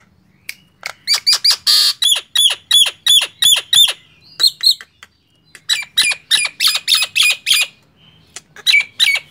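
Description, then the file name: Nias hill myna giving loud, harsh squawking notes with ringing whistled overtones, repeated in quick bursts of about three per second, broken by a short pause midway. "suara jalak nias"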